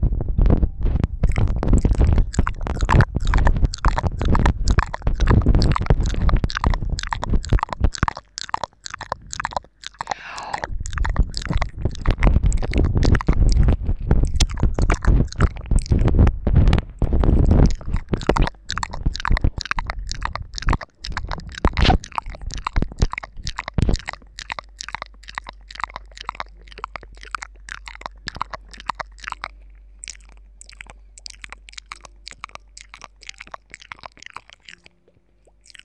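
Two-person mouth sounds, fairly rough and intense: wet clicks, smacks and chewing-like noises fire in fast, dense bursts throughout. The first twenty-five seconds are loudest and thickest with a heavy low rumble; after that the clicks thin out and soften, with brief pauses near the end.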